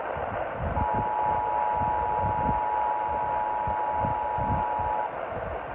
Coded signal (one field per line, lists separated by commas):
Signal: Emergency Alert System (SAME) tones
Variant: 853 and 960 Hz attention tone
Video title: MARGINAL INSANITY 12: SEABREEZE 6 DAY BUST - EAS Alerts From 8/29/25 - 9/3/25 (EAS #4623-4639)